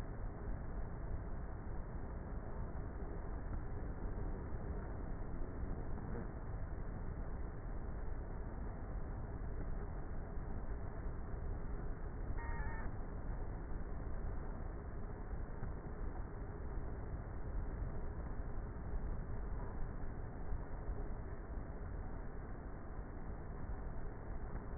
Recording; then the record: honeybee colony, microphone inside the hive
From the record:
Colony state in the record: queenless with a low population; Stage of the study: before two queens were removed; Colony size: about 30,000 bees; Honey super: no